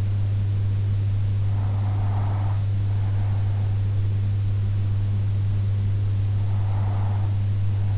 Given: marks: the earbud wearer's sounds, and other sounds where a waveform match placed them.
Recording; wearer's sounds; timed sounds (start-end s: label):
sounds in sleep by an in-ear microphone; breath
1.98-3.98 s: breath
5.98-7.98 s: breath